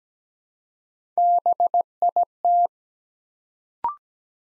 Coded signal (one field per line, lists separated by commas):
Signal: Morse code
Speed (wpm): 17 wpm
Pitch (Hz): 700 Hz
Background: none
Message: BIT